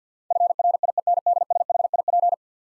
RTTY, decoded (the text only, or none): none